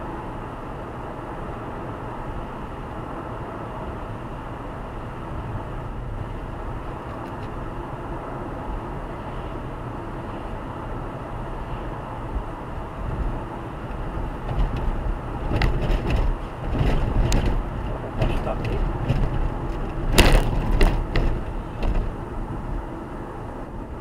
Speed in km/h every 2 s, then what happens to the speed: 105, 104, 101, 103, 102, 103, 105, 106, 105, 95, 86, 80.
0-16 steady at about 104. 16-24 brakes to 80.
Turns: none.